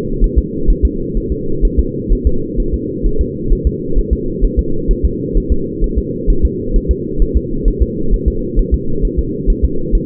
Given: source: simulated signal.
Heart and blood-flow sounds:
fetal heart sounds
0.24 s: S1
0.39 s: S2
0.70 s: S1
0.85 s: S2
1.17 s: S1
1.32 s: S2
1.65 s: S1
1.80 s: S2
2.13 s: S1
2.27 s: S2
2.60 s: S1
2.74 s: S2
3.06 s: S1
3.21 s: S2
3.53 s: S1
3.67 s: S2
3.98 s: S1
4.13 s: S2
4.45 s: S1
4.59 s: S2
4.91 s: S1
5.05 s: S2
5.37 s: S1
5.52 s: S2
5.84 s: S1
5.98 s: S2
6.30 s: S1
6.45 s: S2
6.76 s: S1
6.91 s: S2
7.22 s: S1
7.37 s: S2
7.68 s: S1
7.82 s: S2
8.14 s: S1
8.28 s: S2
8.59 s: S1
8.74 s: S2
9.05 s: S1
9.19 s: S2
9.50 s: S1
9.65 s: S2
9.95 s: S1
From the record:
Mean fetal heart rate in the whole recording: 130 bpm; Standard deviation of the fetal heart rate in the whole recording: 4 bpm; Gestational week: 38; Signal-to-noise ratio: -8.1 dB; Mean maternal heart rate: 72 bpm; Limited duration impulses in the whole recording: present

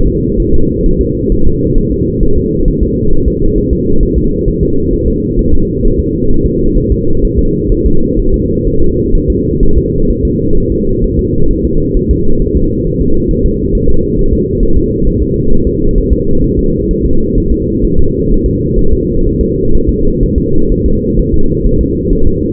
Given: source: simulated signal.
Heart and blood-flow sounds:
fetal heart sounds
0.07 s: S2
0.40 s: S1
0.54 s: S2
0.86 s: S1
1.01 s: S2
1.32 s: S1
1.47 s: S2
1.78 s: S1
1.92 s: S2
2.23 s: S1
2.38 s: S2
2.68 s: S1
2.83 s: S2
3.13 s: S1
3.28 s: S2
3.58 s: S1
3.73 s: S2
4.03 s: S1
4.18 s: S2
4.48 s: S1
4.63 s: S2
4.94 s: S1
5.08 s: S2
5.39 s: S1
5.54 s: S2
5.85 s: S1
5.99 s: S2
6.31 s: S1
6.46 s: S2
6.78 s: S1
6.92 s: S2
7.25 s: S1
7.39 s: S2
7.72 s: S1
7.86 s: S2
8.20 s: S1
8.34 s: S2
8.67 s: S1
8.82 s: S2
9.15 s: S1
9.30 s: S2
9.63 s: S1
9.78 s: S2
10.10 s: S1
10.25 s: S2
10.58 s: S1
10.72 s: S2
11.04 s: S1
11.19 s: S2
11.51 s: S1
11.65 s: S2
11.97 s: S1
12.11 s: S2
12.42 s: S1
12.56 s: S2
12.87 s: S1
13.01 s: S2
13.31 s: S1
13.46 s: S2
13.75 s: S1
13.90 s: S2
14.19 s: S1
14.33 s: S2
14.63 s: S1
14.77 s: S2
15.07 s: S1
15.22 s: S2
15.52 s: S1
15.67 s: S2
15.98 s: S1
16.13 s: S2
16.44 s: S1
16.59 s: S2
16.91 s: S1
17.05 s: S2
17.38 s: S1
17.52 s: S2
17.84 s: S1
17.99 s: S2
18.31 s: S1
18.46 s: S2
18.79 s: S1
18.93 s: S2
19.27 s: S1
19.41 s: S2
19.75 s: S1
19.89 s: S2
20.23 s: S1
20.38 s: S2
20.72 s: S1
20.86 s: S2
21.20 s: S1
21.34 s: S2
21.67 s: S1
21.81 s: S2
22.13 s: S1
22.27 s: S2
From the record:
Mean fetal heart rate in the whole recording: 130 bpm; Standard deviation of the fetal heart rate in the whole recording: 4 bpm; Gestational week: 38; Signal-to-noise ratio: -19.1 dB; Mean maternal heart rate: 72 bpm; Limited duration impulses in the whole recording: present

